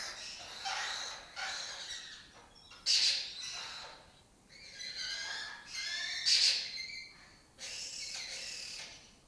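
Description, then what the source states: Lesser kestrel calls: harsh, rasping, slightly squealing notes in repeated bursts, with sharper peaks among them. Breeding colony that took over an abandoned building in Doñana, southern Europe; a migratory raptor that forages in West Africa and breeds in southern Europe.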